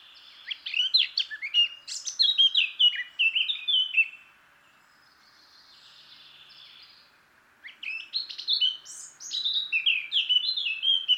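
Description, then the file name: Eurasian blackcap giving two song bursts separated by a few seconds of quiet, each a busy scratchy warble with bright fluty whistles. "Sylvia atricapilla"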